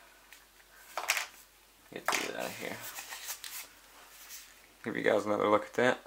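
A button on the back of a plastic TMNT 2 Out of the Shadows Raphael action figure with wingsuit is pressed, releasing the locked arms so they spring out into the wing spread, with sharp clicks at 1.0 s and 1.1 s. Someone then talks. The arms are released.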